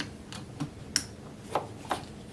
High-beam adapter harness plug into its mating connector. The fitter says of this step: go in one way of a click in place then